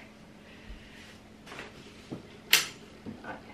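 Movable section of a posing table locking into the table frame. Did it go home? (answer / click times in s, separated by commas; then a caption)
yes / 2.5 s. A movable section of a newborn posing table is pushed into position against the table frame, with faint bumps and scrapes beforehand. At 2.5 s a loud, sharp click-hit rings out as the section locks into place, followed by a few quieter knocks as it settles.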